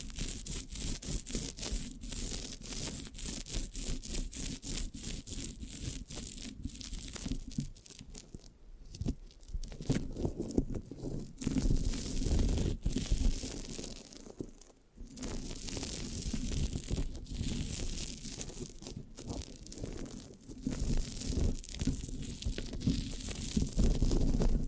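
Sticky microphone scratching fills the clip with dense, irregular crackling and rasping strokes, briefly thinning near nine and fifteen seconds before resuming.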